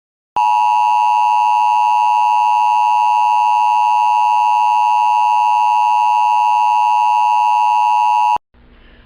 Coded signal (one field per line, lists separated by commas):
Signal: Emergency Alert System (SAME) tones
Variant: 853 and 960 Hz attention tone